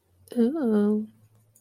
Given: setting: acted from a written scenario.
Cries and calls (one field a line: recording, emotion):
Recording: vocal sound without words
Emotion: romantic love